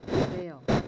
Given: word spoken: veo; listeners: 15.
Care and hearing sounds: one Spanish word in noise, from a listening test; noise modulated by one talker; -7.0 dB; 1 of 15; 10 of 15; 0.48 s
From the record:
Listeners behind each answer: 10, 1, 1, 1, 1, 1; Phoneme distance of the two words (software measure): 10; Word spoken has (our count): 2 syllables, 3 phonemes, stress on syllable 1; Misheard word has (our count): 2 syllables, 3 phonemes, stress on syllable 1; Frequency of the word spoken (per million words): 59.24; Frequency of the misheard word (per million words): 10.61

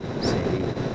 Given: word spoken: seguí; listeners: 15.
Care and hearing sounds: one Spanish word in noise, from a listening test; noise modulated by three-talker babble; -6.7 dB; 0 of 15; 13 of 15; 0.55 s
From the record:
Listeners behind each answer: 13, 1, 1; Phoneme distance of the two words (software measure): 7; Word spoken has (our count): 2 syllables, 4 phonemes, stress on syllable 2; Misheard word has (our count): 2 syllables, 5 phonemes, stress on syllable 2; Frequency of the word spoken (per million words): 8.03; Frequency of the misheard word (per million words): 152.47

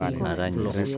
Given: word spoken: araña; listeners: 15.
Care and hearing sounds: one Spanish word in noise, from a listening test; four-talker babble; -1.2 dB; 1 of 15; 6 of 15; 0.58 s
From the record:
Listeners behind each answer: 6, 5, 1, 1, 1, 1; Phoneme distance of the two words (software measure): 7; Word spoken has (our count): 3 syllables, 5 phonemes, stress on syllable 2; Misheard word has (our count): 3 syllables, 6 phonemes, stress on syllable 2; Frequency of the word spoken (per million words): 6.67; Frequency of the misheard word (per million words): 3.78

